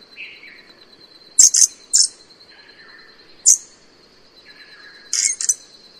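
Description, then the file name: Lorikeet screeches: short, loud, very high rasping bursts, singly or in quick pairs, between softer whistled notes, over a constant high tone. "Лори -Лорикет -Попугай -Голоса-птиц"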